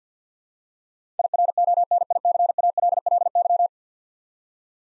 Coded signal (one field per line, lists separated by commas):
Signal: Morse code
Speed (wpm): 50 wpm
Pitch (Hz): 700 Hz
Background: none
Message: IRONICALLY